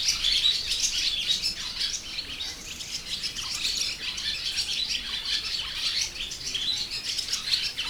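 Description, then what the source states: Sand martin calls, many birds twittering at once with harsh, buzzy chirps that rise and fall in loudness across the whole stretch. Sand martin in the wild, 2014, at Hortobágy fishponds, Hungary, from the door of a bird-watching hide.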